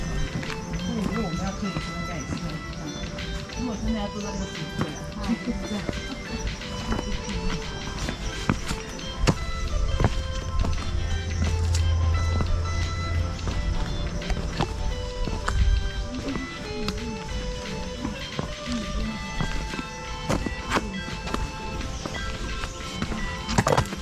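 Outdoor ambience on a sunrise walk through forested farmland, with dense steady bird chirps, scattered footsteps and brief snatches of speech throughout.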